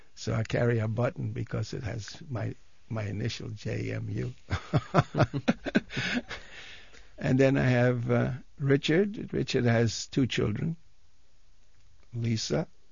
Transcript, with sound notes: So I carry a button because it has my, my initial JMU. (he laughs) And then I have Richard. Richard has two children, Lisa